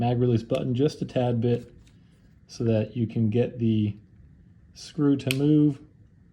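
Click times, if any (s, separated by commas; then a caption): none. A magazine release is being reinstalled into the frame of a MAC 9 DS 1911 pistol, with the release button pressed slightly so the lock screw can be turned with a screwdriver. Someone talks throughout, and no distinct mechanical sounds stand out. The part has not clicked into place yet; nothing has seated.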